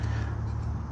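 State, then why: Not seated. The plastic safety retainer tab on the harness connector of an aftermarket LED side marker light for a 2022 Jeep Grand Cherokee L Limited is handled after being pulled out, as it is about to be pushed back in. A steady low hum with no distinct transients fills the clip. Nothing has seated or clicked yet; the clip ends just before the retainer goes home.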